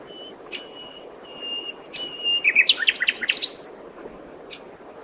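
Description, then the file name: Common nightingale singing a long flat whistled note several times, followed by a quick series of loud, sharp pulsed notes, with soft hiss behind. "Luscinia megarhynchos"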